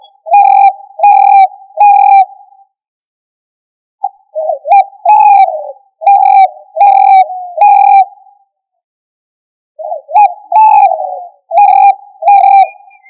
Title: manok ostrali